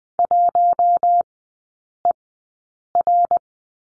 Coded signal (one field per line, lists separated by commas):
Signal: Morse code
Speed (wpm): 20 wpm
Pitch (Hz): 700 Hz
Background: none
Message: 1ER